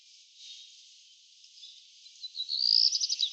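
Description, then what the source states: Bird calls, faint high twitter building into a loud burst of fast, clipped chirps in the final second. Recorded 3 May 2024, between about 14:27 and 14:31.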